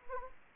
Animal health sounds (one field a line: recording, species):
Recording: mosquito wingbeat signal from an infrared sensor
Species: Anopheles gambiae